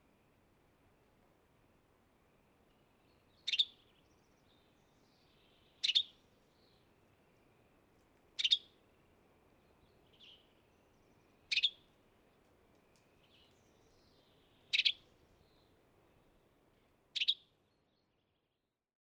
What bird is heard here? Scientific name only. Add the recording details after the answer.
Piranga ludoviciana. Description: Western Tanager call from two birds recorded at the Beaver Ponds in Rocky Mountain National Park. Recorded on 30 May 2017